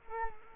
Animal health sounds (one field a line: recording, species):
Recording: mosquito wingbeat signal from an infrared sensor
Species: Culex quinquefasciatus